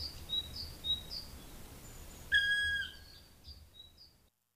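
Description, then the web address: Black woodpecker giving a single drawn-out, mournful whistled note, while other birds twitter with short high chirps around it. "agykontroll Madardalok Cd 1. Fekete harkály"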